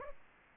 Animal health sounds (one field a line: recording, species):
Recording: mosquito wingbeat signal from an infrared sensor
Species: Aedes aegypti